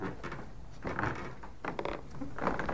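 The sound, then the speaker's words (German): An apartment door being broken open: several rough mechanical bursts of rattling and scraping, with metallic clicks of a latch or lock, coming in uneven waves with no voices. “Die Tür wurde aufgebrochen.”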